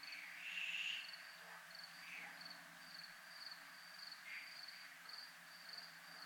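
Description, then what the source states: Cricket song as an even high trill broken into short pulses, with a few soft rasping chirps and a low steady hum in the background. Crickets at a place called zona militar.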